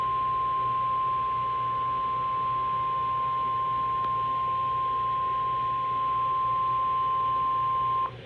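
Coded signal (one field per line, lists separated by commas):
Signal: Emergency Alert System (SAME) tones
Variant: 1050 Hz attention tone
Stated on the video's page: Real Colorado weather alerts, including tornado, flash flood and severe thunderstorm warnings.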